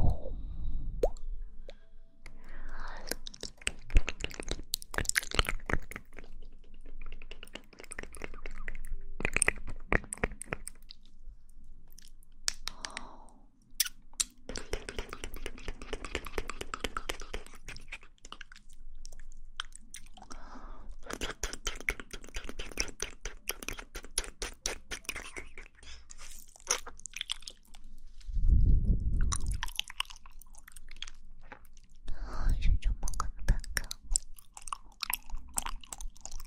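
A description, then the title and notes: Mouth sounds made up of wet clicks, smacks and pops run in dense, irregular bursts through most of the clip, with sharp crisp transients reaching high up. A few short low thumps or breathy rumbles appear near 1 second, 28 seconds and 33 seconds. Mouth Sounds.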